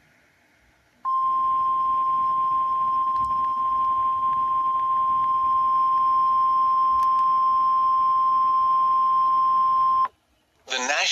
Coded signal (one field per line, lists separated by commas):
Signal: Emergency Alert System (SAME) tones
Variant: 1050 Hz attention tone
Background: speech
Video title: EAS Severe Thunderstorm Warning on NOAA Radio from Screen Record Mobizen App (EAS #2)